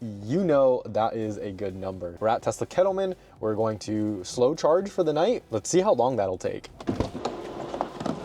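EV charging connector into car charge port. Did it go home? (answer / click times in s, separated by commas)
yes / 7.8 s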